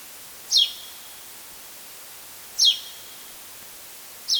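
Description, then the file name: Spanish sparrow giving brief downward-slurred chirps, one roughly every two seconds, with soft hiss in the background. "Spansk sparv"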